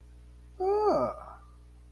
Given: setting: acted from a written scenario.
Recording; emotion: vocal sound without words; interest